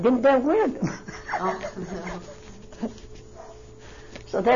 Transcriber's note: she laughs